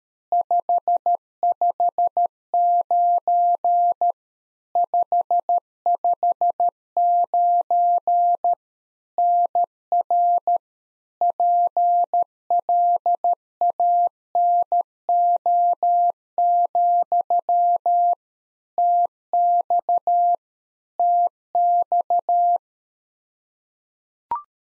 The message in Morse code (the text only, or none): 559 559 NR PLANO, TX TX